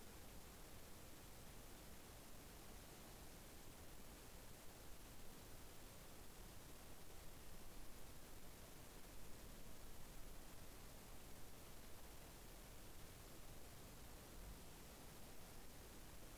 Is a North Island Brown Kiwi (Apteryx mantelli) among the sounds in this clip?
no